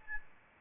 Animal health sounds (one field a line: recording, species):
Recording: mosquito wingbeat signal from an infrared sensor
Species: Aedes albopictus